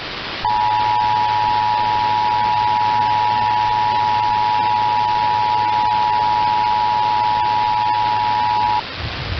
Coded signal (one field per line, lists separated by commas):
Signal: Emergency Alert System (SAME) tones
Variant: 853 and 960 Hz attention tone